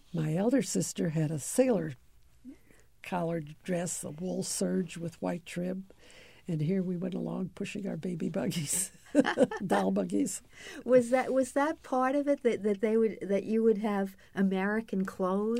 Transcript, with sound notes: My other sister had a sailor-collared dress, the wool serge with white trim. And here we went along pushing our baby buggies. [laughter] Doll buggies.
Was th — was that part of it? That — that they would — that you would have American clothes?